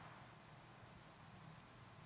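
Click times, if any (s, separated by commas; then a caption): none. A RAM module, its notch aligned, is gently slid into the angled memory slot of an Apple MacBook Pro laptop. Only a steady, quiet hiss with some low hum is heard, with no sharp sounds. Nothing has clicked or latched yet; the module has not been pressed down.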